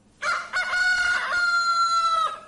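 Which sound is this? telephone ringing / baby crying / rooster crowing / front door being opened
rooster crowing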